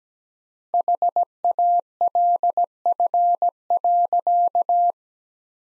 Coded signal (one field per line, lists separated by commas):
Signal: Morse code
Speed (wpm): 17 wpm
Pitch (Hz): 700 Hz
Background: none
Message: HALF.